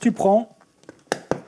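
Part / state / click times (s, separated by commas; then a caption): plastic attachment clip of a gear pouch onto a backpack strap / seated / 1.1 s, 1.3 s. Someone talks, then a plastic clip holding a small gear pouch is pushed onto a backpack's attachment strap. A few faint handling ticks come before two sharp snaps at 1.1 s and 1.3 s, and the clip snaps shut so the pouch is attached to the backpack.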